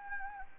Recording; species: mosquito wingbeat signal from an infrared sensor; Anopheles gambiae